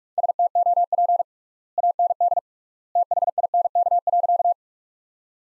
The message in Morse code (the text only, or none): STOP AND THINK.